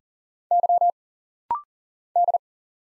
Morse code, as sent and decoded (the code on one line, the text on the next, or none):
-.-- / -..
Y D